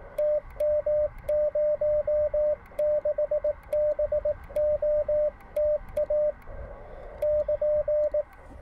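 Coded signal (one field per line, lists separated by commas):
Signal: Morse code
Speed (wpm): 18 wpm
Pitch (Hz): 600 Hz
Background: radio noise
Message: TM06BOTA <KN>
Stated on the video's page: Morse heard while testing a random-wire antenna with a choke.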